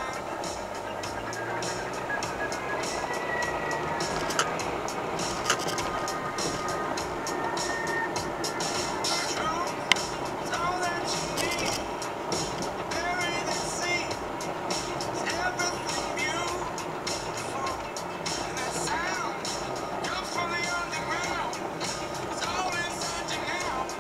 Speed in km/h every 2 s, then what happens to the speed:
18, 31, 43, 46, 45, 44, 44, 42, 40, 39, 37, 34.
0-5 speeds up to 46. 5-17 steady at about 44. 17-24 slows to 34.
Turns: none.